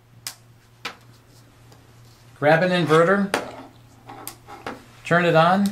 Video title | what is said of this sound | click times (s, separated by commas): EZ SNAP Connector - Connects EL Wire In A SNAP | Close it. Hear the snap. | 0.3 s, 0.9 s